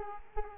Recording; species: mosquito wingbeat signal from an infrared sensor; Culex quinquefasciatus